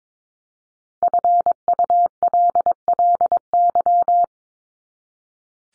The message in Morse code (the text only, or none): FULLY